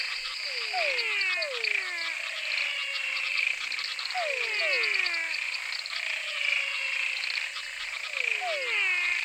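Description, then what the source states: Frog chorus with groups of two or three falling whistled swoops recurring every few seconds above a steady chatter of high trills. Frog chorus recorded in Mato Grosso.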